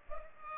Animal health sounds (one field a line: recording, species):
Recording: mosquito wingbeat signal from an infrared sensor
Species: Culex pipiens